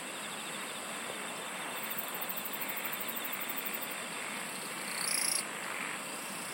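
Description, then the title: Continuous insect chorus: a rapid high pulsing trill builds, then a short louder buzz near the end, against steady hiss. "SINGING OF INSECTS"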